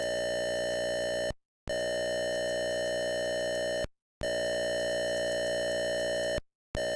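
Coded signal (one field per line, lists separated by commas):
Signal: computer data on cassette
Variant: Atari 8-bit cassette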